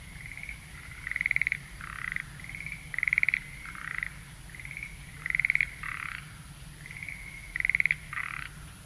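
Frog calling: a high steady note that breaks into a rapid rattling trill and a short buzzy burst, repeated roughly every two seconds over a constant low rumble and hiss.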